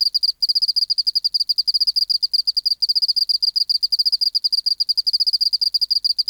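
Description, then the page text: Oceanic field cricket singing fast, high-pitched pulse trains in a regular, nearly continuous rhythm. Recorded in the BMNH Acoustic Laboratory, 19 March 1984, 11:15 local time, at 24 °C and 30% humidity, still air, dim light. "412:14 Teleogryllus oceanicus (514r2). BioAcoustica. Natural History Museum Sound Archive. Recording Location: BMNH Acoustic Laboratory Recorded by: W. J. Reynolds Date Recorded: Mandag, marts 19, 1984 Local time: 1115"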